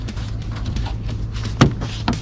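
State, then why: Seated. A rear vent window on a Jeep Liberty KK is slid into its opening in the car body and pushed until its retaining clip seats. Over a steady low hum, a sharp snap at 1.6 s marks the clip locking home with a good positive click, followed by a second brief knock at about 2.1 s.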